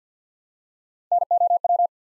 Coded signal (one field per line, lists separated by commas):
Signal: Morse code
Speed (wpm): 50 wpm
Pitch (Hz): 700 Hz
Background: none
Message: NOW